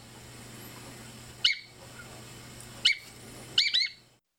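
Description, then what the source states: Hudsonian godwit calls: two spaced single high notes, then a quick double note, over a low steady hum. Large sandpiper gathering at James Bay, Canada, before fall migration; in good weather many fly south without stopping; seen in migration on North America's east coast.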